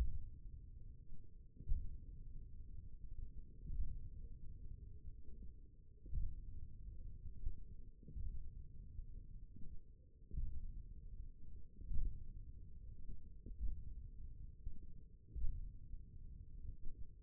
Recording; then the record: forearm muscle sounds (acoustic myography)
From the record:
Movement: tripod grip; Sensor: system 1, eight BSWA MPA416 microphones around the upper forearm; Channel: 4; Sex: male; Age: 28 years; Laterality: right